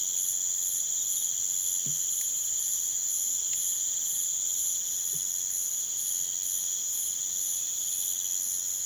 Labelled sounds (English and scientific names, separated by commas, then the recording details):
none
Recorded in pastures near Puerto Asís, Putumayo, Colombia, on 27 June 2025 at 03:00
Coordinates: 0.486, -76.323
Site H29